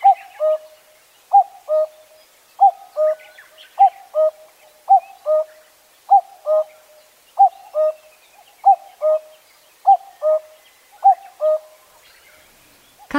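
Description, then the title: Common cuckoo repeating its two-note cuck-oo steadily, many calls in a row, with faint chirps from other birds and a sharp knock at the end. Recorded at Zao, Japan. "蔵王のカッコウ"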